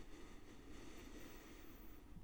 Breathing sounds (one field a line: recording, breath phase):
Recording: one breath near a microphone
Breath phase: inhalation